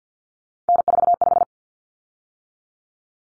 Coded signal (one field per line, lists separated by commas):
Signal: Morse code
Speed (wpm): 50 wpm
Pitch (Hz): 700 Hz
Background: none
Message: N45